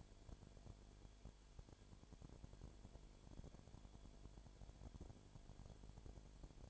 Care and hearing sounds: daily activity, microphone in the room; no activity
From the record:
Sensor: 5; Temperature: 19.9 degrees Celsius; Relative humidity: 37.1%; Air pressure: 1007.3 hPa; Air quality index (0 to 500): 84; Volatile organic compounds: 1 ppm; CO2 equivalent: 962 ppm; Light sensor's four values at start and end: 2/3/1/1 and 2/3/1/1

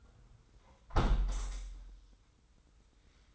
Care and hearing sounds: daily activity, microphone in the room; close window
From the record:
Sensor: 3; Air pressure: 990.2 hPa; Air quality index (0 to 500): 190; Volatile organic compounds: 1000 ppm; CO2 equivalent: 6184 ppm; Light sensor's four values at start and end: 33/76/31/29 and 32/76/31/29

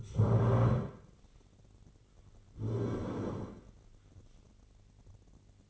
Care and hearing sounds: daily activity, microphone in the room; stand up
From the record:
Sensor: 4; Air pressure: 1010.1 hPa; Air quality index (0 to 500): 185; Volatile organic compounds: 3 ppm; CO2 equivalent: 1335 ppm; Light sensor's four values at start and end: 43/105/44/48 and 43/105/44/47

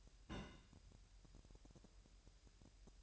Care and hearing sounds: daily activity, microphone in the room; place on stove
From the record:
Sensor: 2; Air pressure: 1001.9 hPa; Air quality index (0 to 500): 245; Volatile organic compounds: 34 ppm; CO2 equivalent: 3050 ppm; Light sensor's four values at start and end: 5/11/4/5 and 5/11/4/5

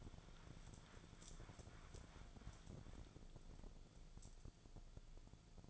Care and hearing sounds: daily activity, microphone in the room; wipe stove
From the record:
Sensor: 5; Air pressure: 1000.7 hPa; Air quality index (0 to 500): 158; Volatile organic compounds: 2 ppm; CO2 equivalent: 1212 ppm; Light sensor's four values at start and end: 46/100/45/50 and 48/104/46/51

